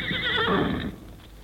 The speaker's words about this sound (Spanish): Un caballo relinchando, a lo mejor eso alertándolos.